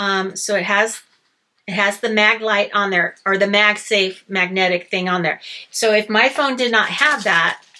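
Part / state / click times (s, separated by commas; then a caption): magnetic battery pack onto the back of a smartphone / not seated / none. A magnetic power-bank battery pack is handled near the back of a smartphone with a screen protector and MagSafe magnets while someone talks throughout. Nothing has seated or clicked yet; the pack has not snapped onto the phone by the end of the clip.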